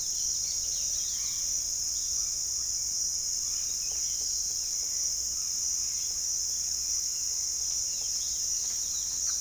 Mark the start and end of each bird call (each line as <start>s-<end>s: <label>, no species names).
0.00s-1.41s: bird call
7.83s-9.40s: bird call